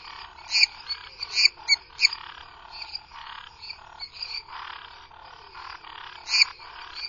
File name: Dendropsophus minutus